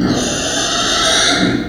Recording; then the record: squeal of a Yucatan mini pig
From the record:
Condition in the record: before surgery on the right vocal fold (resection and tissue-engineered implant); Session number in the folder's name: 3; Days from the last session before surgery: 0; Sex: female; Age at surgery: 19 weeks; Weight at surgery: 25 kg